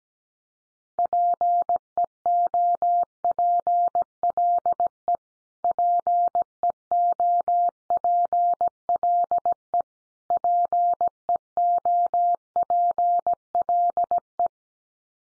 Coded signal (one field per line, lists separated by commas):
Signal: Morse code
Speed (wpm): 17 wpm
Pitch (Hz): 700 Hz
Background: none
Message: PEOPLE PEOPLE PEOPLE